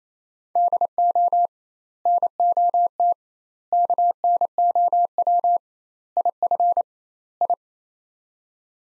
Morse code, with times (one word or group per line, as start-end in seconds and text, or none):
0.6-1.5 DO
2.1-3.1 NOT
3.7-5.6 KNOW
6.2-6.8 IF
7.4-7.5 I